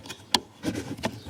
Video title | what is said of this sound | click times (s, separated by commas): Burger Motorsports (BMS) Pedal Box Tuner Review & DIY on Audi | you guys heard that click will push that red button down | 0.3 s